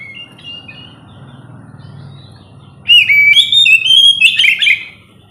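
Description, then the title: Oriental magpie-robin starts with faint whistles, then breaks into a loud burst of clear, sliding whistled notes and chatters over a steady low hum. "kacer"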